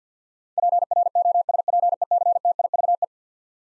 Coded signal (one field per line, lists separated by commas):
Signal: Morse code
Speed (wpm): 50 wpm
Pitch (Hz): 700 Hz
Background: none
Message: PROSPECTIVE